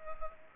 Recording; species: mosquito wingbeat signal from an infrared sensor; Culex pipiens